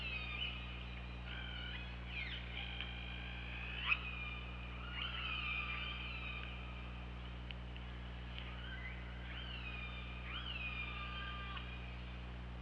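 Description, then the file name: Killer whale calls underwater, a busy series of pulsed calls with sudden pitch jumps and upward sweeps, overlapping one another, over steady low hum. OrcaLab hydrophone, 24 August 2017, 23:32:49. "Orca Lab UTLN JASON 20170824 233249"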